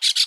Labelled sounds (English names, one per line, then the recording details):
Brown-throated Parakeet contact call
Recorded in Aruba
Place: hill w/tanki N of Savaneta
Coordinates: 12.461, -69.944